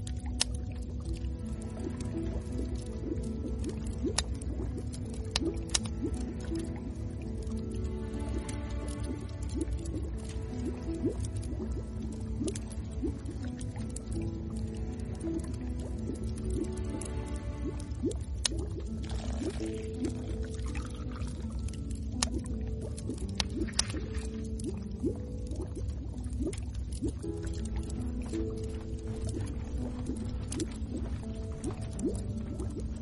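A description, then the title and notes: A bubbling pot simmers steadily inside a warm inn, its low rumble and gurgling constant throughout. Wet pops and small crackles from the firewood break through every few seconds, with a slightly louder burst of hissing around twenty seconds in. Travel through the Middle Ages and let tired hikers rest in the warmth of your inn, with its firewood and the sound of bubbles.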